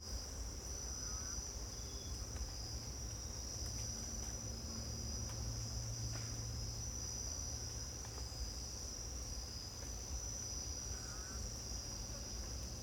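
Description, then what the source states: Insects form a steady, shrill high-pitched drone that never breaks, with a lower hum underneath and a few faint bird notes. Costa Rica rainforest jungle, morning, insect bed with distant bird calls, spaced AB stereo recording with CMC 6 microphones.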